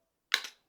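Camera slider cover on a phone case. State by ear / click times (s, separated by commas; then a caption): seated / 0.3 s. The plastic camera slider cover on a rugged Poetic iPhone 16 phone case is slid open by hand. A sharp, bright click at 0.3 s (0.34 s) is followed by a short rattling tail that fades by about 0.55 s. The cover clicks into its detent position and is seated open.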